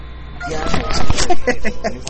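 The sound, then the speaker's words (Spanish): A quick run of short electronic telephone tones beeps in an uneven rhythm, bright and mid-pitched, over a busy wash of background noise and murmuring voices. “¿Una llamada?”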